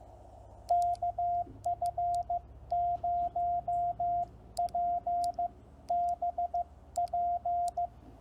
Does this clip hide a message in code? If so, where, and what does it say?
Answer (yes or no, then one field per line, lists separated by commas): yes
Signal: Morse code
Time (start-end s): 0.7-7.9 s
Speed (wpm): 15 wpm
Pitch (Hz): 700 Hz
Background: radio noise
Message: KF0PBP